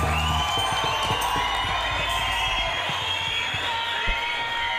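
An audience at a live rap show at Sesc in Ribeirão in 2013 cheers and whoops loudly over steady, dense clapping, with high shouts rising above the sustained roar of applause.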